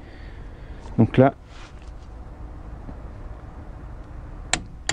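A bolt is tightened with a click-type torque wrench until it reaches its setting. Someone talks briefly, then two sharp, short metallic clicks ring out at 4.5 s and 4.9 s as the wrench reaches its set torque.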